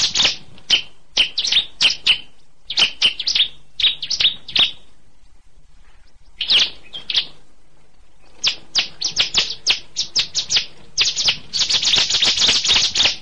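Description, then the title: Bar-winged prinia giving rapid series of bright, high chip notes in clustered bursts with brief gaps, building into a fast continuous chatter at the end. "CIBLEK"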